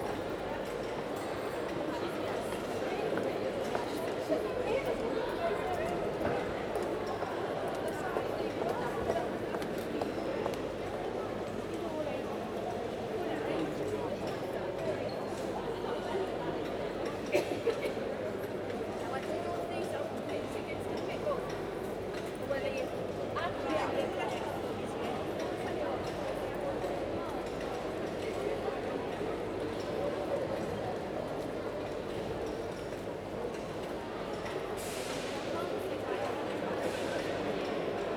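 Crowd chatter fills Newcastle's Central Station in a steady, dense murmur, with a sharp clack near seventeen seconds and a brief hiss later.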